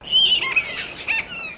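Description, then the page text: Black flying foxes squabbling: overlapping shrill squawks and squeaks from several animals in a quick burst, with a second flurry just past the middle. Group of black flying foxes calling in Noosa, Queensland. "Animal Black Flying Fox Group Call. Flying foxes (bats) in Noosa Queensland"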